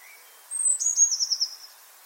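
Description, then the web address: Eurasian blue tit call: one very high thin note drops into a quick, slightly descending, buzzy trill lasting about a second. A faint lower whistle sounds just before it. "cianscape. Deverinetal"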